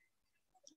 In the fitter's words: Sampai bunyi klik nah